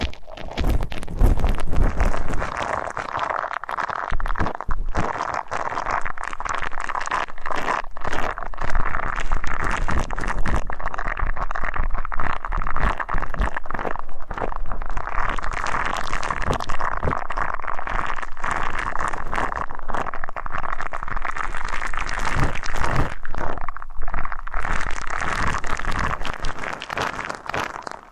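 Dense, continuous rustling and crackling from ear cleaning, with soft scratching and wet, bubbly textures that never pause. Brief louder scrapes and pops come every second or so, and the sound thins slightly around 24 seconds before building again.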